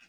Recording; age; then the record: pig call; piglet (1 to 25 days)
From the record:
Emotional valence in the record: positive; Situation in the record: short reunion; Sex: female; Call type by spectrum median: high-frequency call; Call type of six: low-frequency tonal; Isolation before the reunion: 3 minutes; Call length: 0.09 s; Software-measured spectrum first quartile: 1846 Hz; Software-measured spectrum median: 2564 Hz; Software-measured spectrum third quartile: 3418 Hz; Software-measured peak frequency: 2569 Hz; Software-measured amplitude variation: 119 dB a second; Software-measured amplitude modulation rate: 5.4 a second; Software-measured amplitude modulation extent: 22.2 dB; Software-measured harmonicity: 1.5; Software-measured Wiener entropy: -1.12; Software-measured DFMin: 585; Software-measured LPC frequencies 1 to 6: 1549, 2603, 4686, 5548, 6720, 8152 Hz